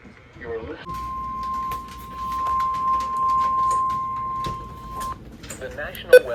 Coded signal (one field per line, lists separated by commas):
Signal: Emergency Alert System (SAME) tones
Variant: 1050 Hz attention tone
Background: speech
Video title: Just a few alerts (EAS 299-325)